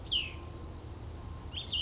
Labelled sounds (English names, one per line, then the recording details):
Cassin's Vireo
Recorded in Sonoma County, California